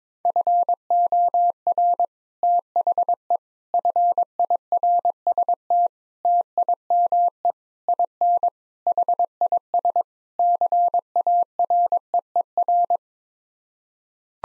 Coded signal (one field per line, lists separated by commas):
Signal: Morse code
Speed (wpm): 22 wpm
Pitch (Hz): 700 Hz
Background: none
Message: FOR THE FIRST TIME IN HIS CAREER